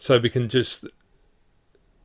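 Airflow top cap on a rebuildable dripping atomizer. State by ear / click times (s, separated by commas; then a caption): not seated / none. Someone talks briefly while handling the one-piece metal airflow top cap of a Wotofo Elder Dragon/Ryujin rebuildable dripping atomizer (RDA), which is rotated to adjust the airflow and locks into place at the end of its travel. After the talking, the clip falls nearly silent, with only a faint brief sound around 1.8 s. Nothing has seated or clicked yet.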